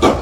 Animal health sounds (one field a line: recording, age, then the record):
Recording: pig call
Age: growing-finishing pig (85 days or more)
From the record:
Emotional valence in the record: positive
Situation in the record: run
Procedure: transit